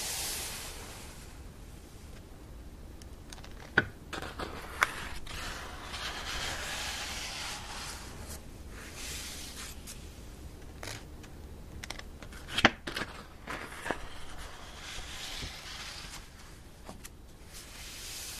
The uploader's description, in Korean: 책을 넘기는 소리